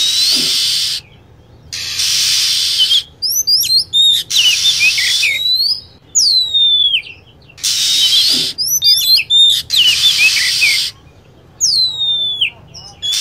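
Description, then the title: Lovebird calls: shrill descending whistles and twittering chirps in several bouts, with strong hiss filling the gaps. Recording used as a bird lure (pikat) to attract birds. "PIKAT BURUNG LOVEBIRD"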